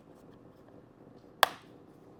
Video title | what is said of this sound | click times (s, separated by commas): If You Own A Car Or Truck: You May Want To Consider The Ampbank AP3000!! | Snaps right in there. | 1.4 s